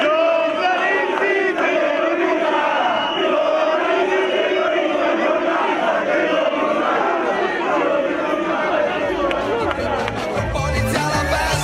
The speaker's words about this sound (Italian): Sembrava un coro da stadio, una di queste cose qui.